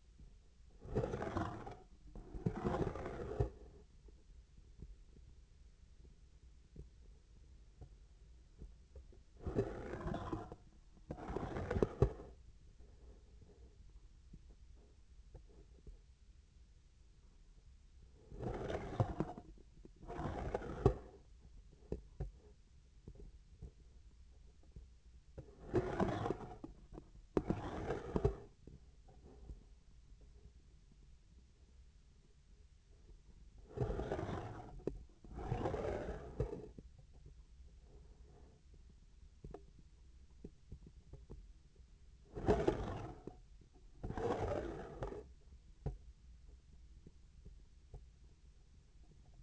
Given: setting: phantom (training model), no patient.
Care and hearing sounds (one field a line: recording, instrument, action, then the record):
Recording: laparoscopic instrument, vibration sensor on the handle end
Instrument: scissors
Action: approaching and retracting movements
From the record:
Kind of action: spatial motion